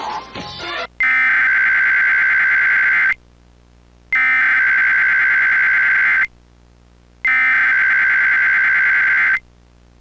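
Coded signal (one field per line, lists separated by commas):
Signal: Emergency Alert System (SAME) tones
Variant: header bursts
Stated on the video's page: Mock alert, not a real activation.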